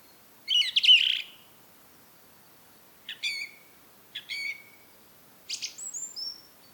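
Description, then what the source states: Song thrush song: a complex chattering phrase, then two short repeated metallic phrases, and finally a varied phrase ending in thin high whistles. Recorded at Rambjøra on 30 March 2023 with a Zoom recorder.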